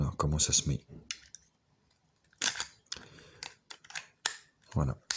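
A plastic comb guard is being handled onto the blade head of a WONER HC818B hair clipper, with someone talking and short sharp plastic ticks and taps between the words. Nothing has seated or clicked yet; the guard is not yet clipped on when the clip ends.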